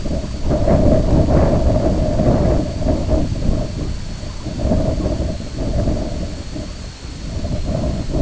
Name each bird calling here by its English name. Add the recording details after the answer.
none. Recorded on Arctic tundra, site IGLO-B, on 21 June 2018. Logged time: 09:59